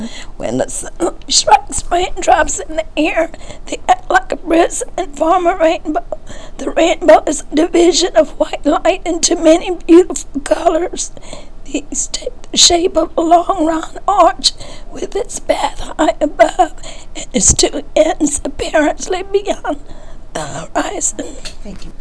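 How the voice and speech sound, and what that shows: An adult with spasmodic dysphonia reading the Rainbow Passage aloud.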